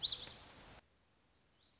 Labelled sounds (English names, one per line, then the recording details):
Lazuli Bunting
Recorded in Sonoma County, California